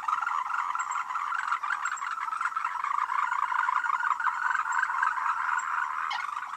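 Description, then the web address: Loud frog chorus of overlapping rasping croaks, continuous and busy from start to finish. "voice cam frogs"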